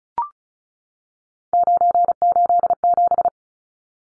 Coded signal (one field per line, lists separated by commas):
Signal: Morse code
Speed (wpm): 34 wpm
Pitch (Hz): 700 Hz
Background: none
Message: 987